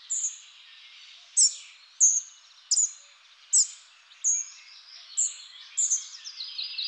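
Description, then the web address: Spotted flycatcher calling: a steady series of very high, thin, sharp 'tsee' notes, roughly one every 0.7 seconds after a softer note at the start. Recorded in a garden in July 2019. "Gobemouche gris. le jardin de la villa sainte anne"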